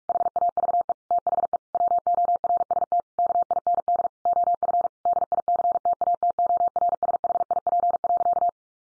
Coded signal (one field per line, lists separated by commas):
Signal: Morse code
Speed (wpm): 44 wpm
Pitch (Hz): 700 Hz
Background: none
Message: HAVE THE WORST KIND OF DICTATORSHIP.